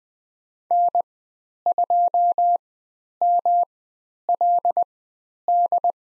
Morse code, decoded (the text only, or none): N2MLD